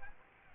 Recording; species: mosquito wingbeat signal from an infrared sensor; Aedes aegypti